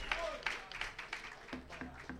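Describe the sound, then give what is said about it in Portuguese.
Faint, scattered applause from a small audience at a DJ jam as the performers are introduced, a handful of uneven claps with voices murmuring underneath. “Uma salva de palmas, quem quiser bater, fica à vontade.”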